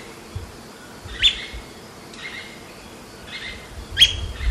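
Bird calls, short high descending notes with a lower tonal tail, four in a few seconds, over low rumbling noise.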